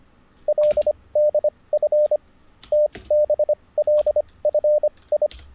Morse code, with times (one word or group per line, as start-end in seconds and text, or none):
0.5-2.2 LDF
2.7-5.3 TBLFI